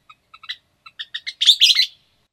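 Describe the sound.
Western kingbird calls: scattered sharp kip notes that speed up and merge into a loud, harsh, sputtering chatter before stopping.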